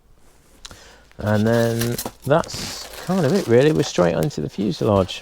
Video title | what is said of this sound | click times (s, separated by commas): Durafly EFX Racer from Hobbyking Unboxing | this just pulls apart and snaps into place when you're ready to put the model together | 0.7 s